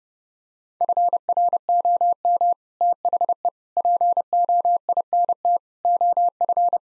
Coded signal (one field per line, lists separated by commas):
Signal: Morse code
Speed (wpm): 30 wpm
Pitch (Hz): 700 Hz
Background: none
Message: FROM THE POINT OF